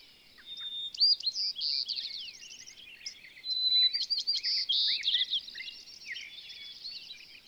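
Bird singing a fast, varied jumble of whistles, sliding notes and trills.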